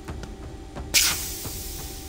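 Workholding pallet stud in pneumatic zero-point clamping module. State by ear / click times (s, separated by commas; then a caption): not seated / none. A workholding pallet's stud rests in a pneumatic zero-point clamping module for CNC workholding while it is handled, with a few faint ticks early on. At about 1.0 s a sudden loud hiss bursts in and slowly fades through the end. Nothing has seated or clicked yet.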